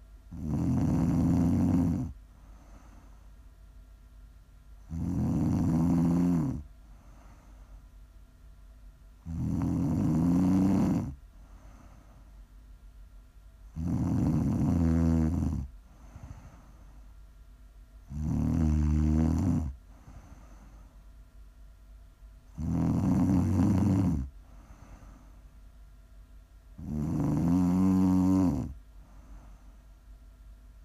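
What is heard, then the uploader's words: Snoring in a slow, regular rhythm: seven loud, rattling snores, each about two seconds long, arrive roughly every four to five seconds. Each snore is a low, throaty rumble with a hissing edge, separated by quiet pauses with only a faint steady hum. ASMR snoring.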